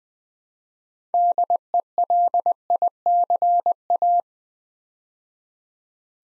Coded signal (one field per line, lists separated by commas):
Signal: Morse code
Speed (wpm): 20 wpm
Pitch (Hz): 700 Hz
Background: none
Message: DELICA